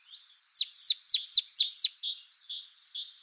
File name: Poecile palustris